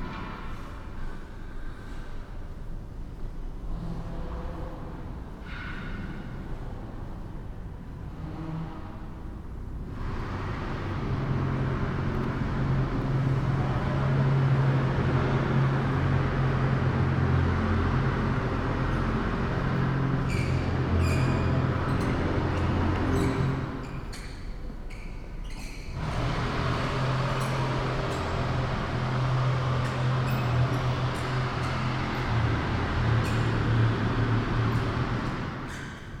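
Inside a building under construction, a steady low machine drone swells after ten seconds, briefly drops near twenty-five, with sharp clanks echoing through the space.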